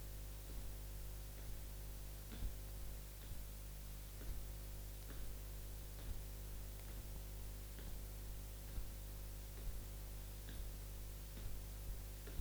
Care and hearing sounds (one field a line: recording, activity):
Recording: daily activity, guitar pickup as the sensor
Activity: jump